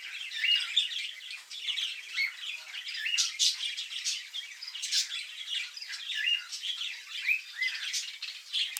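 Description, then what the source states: Many birds calling at once, busy overlapping chirps, squeaks and short squawks throughout. Recorded in a room.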